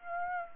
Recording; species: mosquito wingbeat signal from an infrared sensor; Aedes aegypti